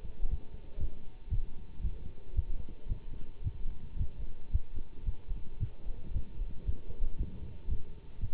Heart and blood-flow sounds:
heart sounds by stethoscope; between the tricuspid and mitral areas; 114 bpm
0.30 s: heartbeat
0.79 s: heartbeat
1.29 s: heartbeat
1.82 s: heartbeat
2.35 s: heartbeat
2.88 s: heartbeat
3.43 s: heartbeat
3.98 s: heartbeat
4.52 s: heartbeat
5.05 s: heartbeat
5.59 s: heartbeat
6.13 s: heartbeat
6.65 s: heartbeat
7.18 s: heartbeat
7.69 s: heartbeat
8.20 s: heartbeat
From the record:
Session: Bruce protocol treadmill stress test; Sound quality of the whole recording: good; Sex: male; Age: 24 years

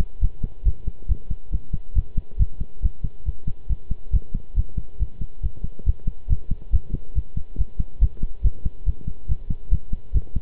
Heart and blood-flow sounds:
heart sounds by stethoscope; between the tricuspid and mitral areas; 139 bpm
0.21 s: heartbeat
0.65 s: heartbeat
1.08 s: heartbeat
1.52 s: heartbeat
1.95 s: heartbeat
2.39 s: heartbeat
2.82 s: heartbeat
3.25 s: heartbeat
3.69 s: heartbeat
4.13 s: heartbeat
4.56 s: heartbeat
4.99 s: heartbeat
5.42 s: heartbeat
5.86 s: heartbeat
6.29 s: heartbeat
6.72 s: heartbeat
7.15 s: heartbeat
7.58 s: heartbeat
8.01 s: heartbeat
8.44 s: heartbeat
8.86 s: heartbeat
9.28 s: heartbeat
9.71 s: heartbeat
10.14 s: heartbeat
From the record:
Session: pedaling a stationary bicycle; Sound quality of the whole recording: good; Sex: male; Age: 23 years

